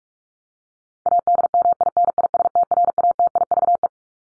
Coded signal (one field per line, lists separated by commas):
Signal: Morse code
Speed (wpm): 44 wpm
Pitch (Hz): 700 Hz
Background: none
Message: ADMINISTRATIVE